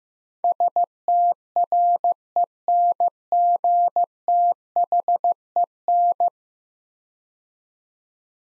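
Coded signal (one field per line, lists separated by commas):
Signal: Morse code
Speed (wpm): 16 wpm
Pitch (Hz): 700 Hz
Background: none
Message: STRENGTHEN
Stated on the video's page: Morse code practice of 10-letter words at 15 wpm for head-copy.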